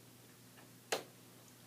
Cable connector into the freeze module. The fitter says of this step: you you'll you will heal you will you will hear the click